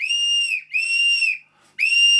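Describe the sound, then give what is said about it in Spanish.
A wind instrument imitates an eagle's cry: three shrill, high whistling calls, each held steady before sliding down at the end, with a short gap before the third. No one speaks. “El águila.”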